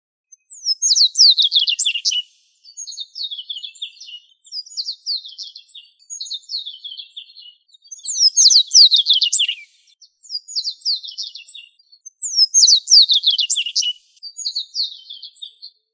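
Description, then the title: Bird song: bright, rapid phrases of sweeping high notes, each burst lasting one to two seconds and repeated with short pauses; some phrases louder and lower-ending than others. "LuckyPassaros CompletosSama"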